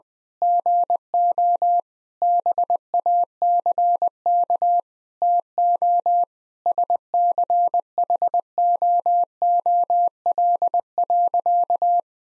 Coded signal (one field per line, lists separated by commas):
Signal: Morse code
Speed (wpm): 20 wpm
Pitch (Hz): 700 Hz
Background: none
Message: GO BACK TO SCHOOL.